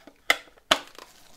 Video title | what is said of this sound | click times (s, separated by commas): Nostalgia hit me hard with this! Sony Ericsson V630i Music Edition unboxing | and it clicked in place nice | 0.3 s, 0.7 s